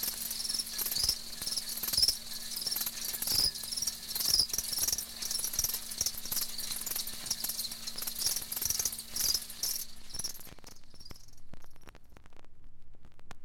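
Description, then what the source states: Crickets chirping in a dense, high shimmering chorus with scattered clicks and rattles, the chorus fading out near the end. Crickets kept in a wire cage.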